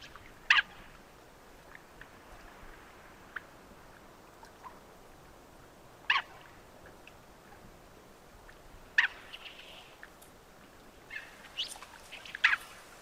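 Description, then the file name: Mandarin duck calls as sharp, clipped notes, at first several seconds apart, then a few in quicker succession at the end, against a quiet background hiss. "pato-mandarín-Aix-galericulata"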